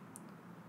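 The 5 mm extension on the steel bracelet clasp of a Pagani Design 'Daytona' watch, there for when the wrist swells on hot summer days, is folded back and snaps into place. A single crisp, bright click at 0.2 s rises over a steady low background hum, and the extension link is seated.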